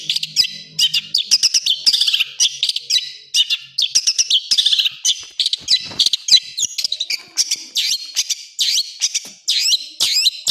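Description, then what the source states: Long-tailed shrike singing a hurried, varied medley of sharp chirps, squeaky trills and scratchy phrases, delivered in quick overlapping bursts throughout. Full song with 'tembakan' bursts, a master recording for training birds.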